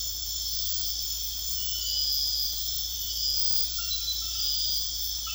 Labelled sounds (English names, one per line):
none